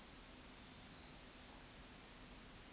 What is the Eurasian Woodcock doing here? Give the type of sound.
whistle, croak